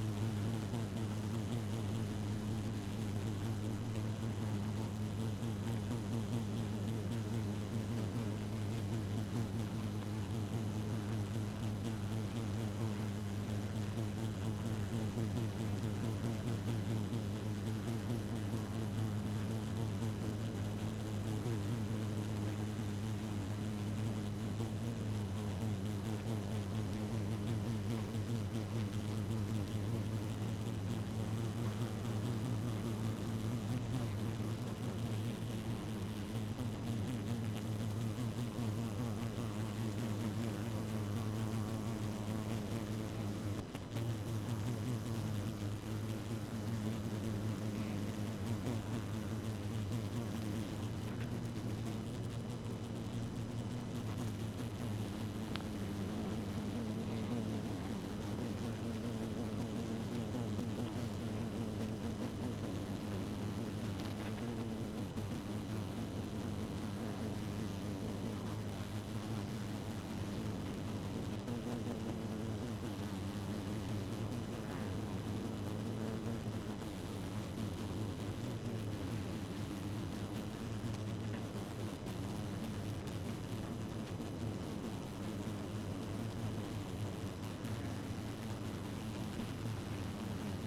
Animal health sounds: honeybee colony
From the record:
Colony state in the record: active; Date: 12 June 2018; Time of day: 1:21

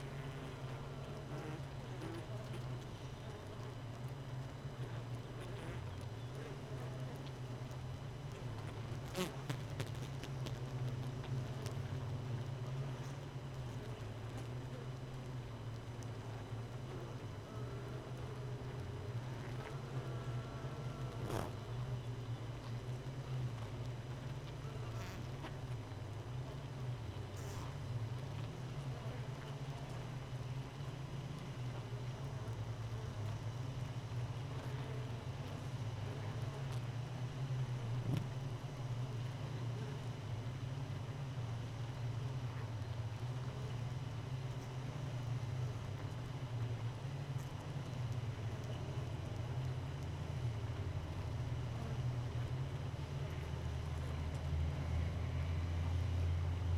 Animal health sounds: honeybee colony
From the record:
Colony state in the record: missing queen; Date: 31 May 2018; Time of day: 4:35

